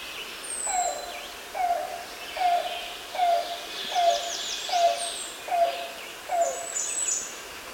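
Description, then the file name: Yellow-billed Cuckoo call: a steady series of hollow, low cowlike notes, a little under a second apart, with thin high songs of other birds in the background. "Coccyzus americanus - Yellow-billed Cuckoo"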